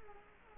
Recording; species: mosquito wingbeat signal from an infrared sensor; Culex quinquefasciatus